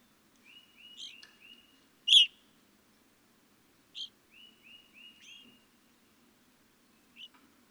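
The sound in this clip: Evening grosbeak calls: series of soft, short whistled slurs before one loud sharp chirp, followed by quieter chirps and more whistles.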